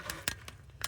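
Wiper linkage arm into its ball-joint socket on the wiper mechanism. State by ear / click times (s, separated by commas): not seated / none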